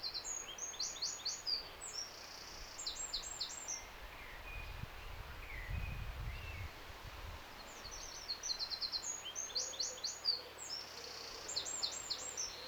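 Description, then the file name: Eurasian wren singing two bursts of rapid high trills and chattering notes, separated by a pause with a low rumble. "Troglodytes troglodytes"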